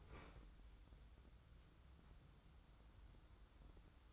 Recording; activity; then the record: daily activity, microphone in the room; open fridge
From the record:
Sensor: 3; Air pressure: 994.4 hPa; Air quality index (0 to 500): 208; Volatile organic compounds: 1000 ppm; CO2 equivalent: 6961 ppm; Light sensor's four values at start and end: 188/452/190/189 and 183/440/185/183